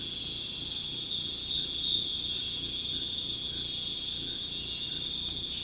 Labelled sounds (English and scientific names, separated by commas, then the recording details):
none
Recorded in pastures near Puerto Asís, Putumayo, Colombia, on 18 December 2024 at 00:00
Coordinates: 0.466, -76.322
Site G040